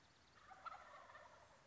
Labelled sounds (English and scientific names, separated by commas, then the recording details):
Wild Turkey (Meleagris gallopavo)
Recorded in Sonoma County, California